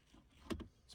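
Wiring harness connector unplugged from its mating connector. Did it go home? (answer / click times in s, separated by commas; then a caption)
released / 0.5 s, 0.6 s. On a 2024 Honda Pilot TrailSport, during installation of an auto start-stop eliminator, the locking clip on a wiring harness connector is squeezed and pulled back to unplug it from its mating connector. Two sharp clicks sound at 0.5 s and 0.6 s over a quiet background. The connector clip is released and the connector pulled apart.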